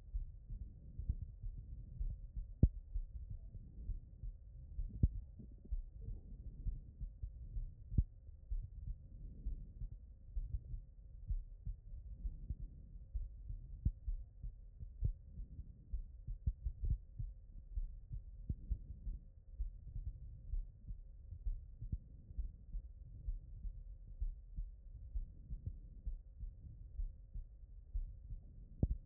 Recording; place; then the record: heart sounds by stethoscope; pulmonary valve (PV)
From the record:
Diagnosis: non-HFrEF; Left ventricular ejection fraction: 63%